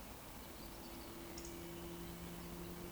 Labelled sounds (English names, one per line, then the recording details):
Eurasian Woodcock whistle
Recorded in Baden-Württemberg, Germany, on 12 June 2020 at 19:55 UTC
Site 14569, 102 m above sea level